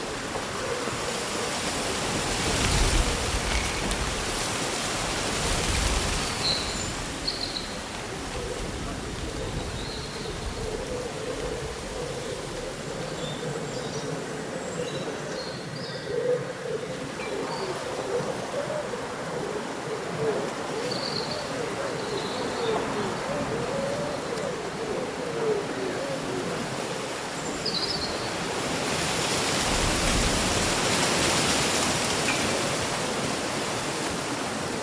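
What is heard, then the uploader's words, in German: Dense, steady rustling of leaves fills the recording, swelling into louder gusts near the start, around six seconds and again around thirty. Short, faint bird chirps come through high above the rustle every several seconds, small against the constant wash. Raschelndes Laub und Vogelgesang.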